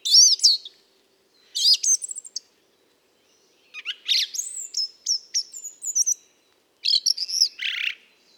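Mistle thrush delivering warbled phrases of high, wavering whistles and squeaks, with clear pauses of up to about a second and a half between phrases.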